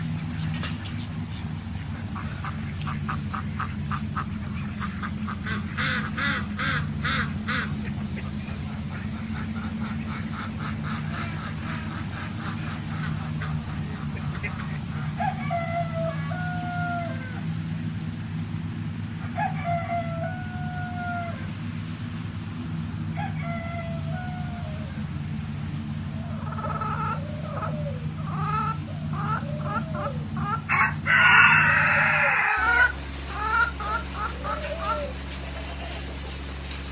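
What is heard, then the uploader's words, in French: Farm animals calling over a steady low engine-like hum. Chirps and short clucking or quacking calls repeat through the middle, with a cluster of louder, brighter squawks around 31 seconds. The hum then cuts out abruptly, leaving a quieter, different drone. A la ferme avec ses animaux.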